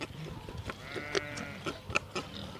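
Sheep bleat: one wavering, harmonic bleat in the middle, followed by a short call, over rustling and low background noise.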